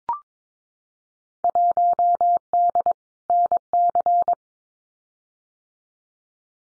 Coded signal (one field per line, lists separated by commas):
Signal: Morse code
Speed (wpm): 22 wpm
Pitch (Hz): 700 Hz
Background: none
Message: 1D NC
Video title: Field Day Exchange 22wpm